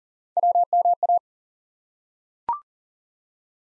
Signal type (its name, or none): Morse code